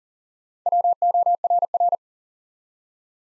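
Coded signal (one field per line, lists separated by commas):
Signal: Morse code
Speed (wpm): 38 wpm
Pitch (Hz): 700 Hz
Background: none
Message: WORR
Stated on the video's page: Morse code practice at 40 wpm, building 3- to 5-letter words one letter at a time for instant character recognition.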